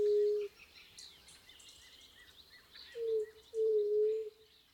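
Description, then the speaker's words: White-tipped Dove with deep, even coos: one at the start, then a short and a longer note near the end, over faint background birdsong. Low, resonant coos; lower Rio Grande Valley, Texas; the species ranges from South America northward to the valley. "Oh my, the low and resonant coos of white-tipped doves."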